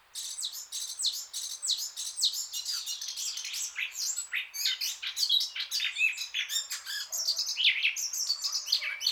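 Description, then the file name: Eurasian blackcap song, a long unbroken stream of high, hurried chattering and twittering notes with occasional clearer whistles mixed in. "Sylvia atricapilla"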